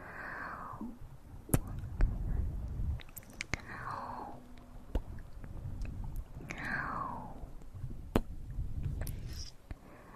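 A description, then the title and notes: Wet, intense mouth sounds fill the clip: sharp clicks and pops snap out at irregular moments, around 1.5, 3.5, 5 and 8 seconds. Between them come soft downward-sliding breathy sweeps every few seconds, over a low, murmuring rumble that never quite stops. Intense Mouth Sounds.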